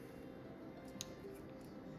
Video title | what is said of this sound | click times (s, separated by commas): Changing the membrane on Commodore SX-64. DO NOT make this mistake! Watch… | I heard the click and I think we're good | 1.0 s